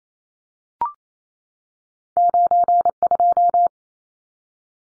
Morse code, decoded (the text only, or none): 92